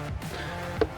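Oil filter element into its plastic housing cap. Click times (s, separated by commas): 0.8 s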